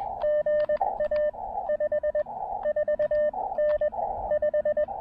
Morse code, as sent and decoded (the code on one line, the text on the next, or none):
--. .- / ..... / ....- / -. / .....
GA 5 4 N 5